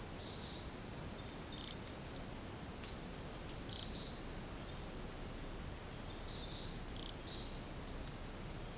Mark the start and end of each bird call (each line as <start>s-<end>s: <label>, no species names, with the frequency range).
0.16s-0.69s: bird call (3.3-6.0 kHz)
3.67s-4.36s: bird call (2.8-6.3 kHz)
6.09s-7.67s: bird call (2.9-6.6 kHz)